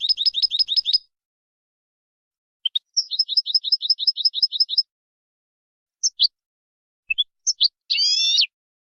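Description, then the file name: European goldfinch song: rapid repeated twittering trills, then scattered tinkling notes and a harsh buzzy nasal note near the end. Used to train goldfinches in clean song style, 'cante limpio'. "Educacion jilgueros a cante limpio"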